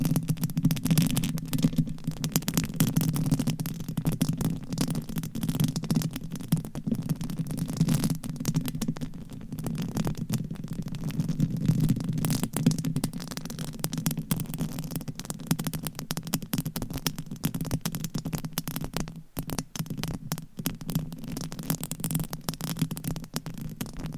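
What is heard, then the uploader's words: Continuous scratching and rubbing on a microphone, with nails and covers dragging across it in dense, rapid strokes. A low, steady rumble and hum sit underneath throughout, with a brief dip in the scratching around nineteen seconds before it resumes. Mic Scratching - Brain Scratching with DIFFERENT MICS Covers & Nails. No Talking.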